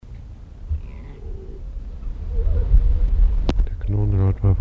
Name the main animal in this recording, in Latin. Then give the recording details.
Otocyon megalotis. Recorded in captivity. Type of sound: growling. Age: adult. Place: Zoo Halle, Sachsen-Anhalt, DE. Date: 1977-09-06 14:23. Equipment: Nagra SN, Kopie Uher Variocord. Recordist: Tembrock, Günter. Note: Knurren beim Niederlegen gegen Artgenossen